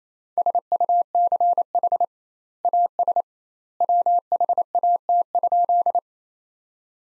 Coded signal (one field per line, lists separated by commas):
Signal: Morse code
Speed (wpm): 28 wpm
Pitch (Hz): 700 Hz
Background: none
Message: SUCH AS WHAT?